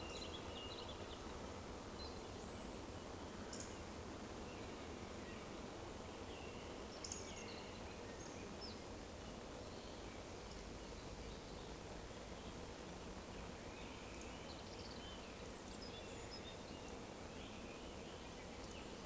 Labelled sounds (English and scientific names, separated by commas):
Eurasian Woodcock (Scolopax rusticola) whistle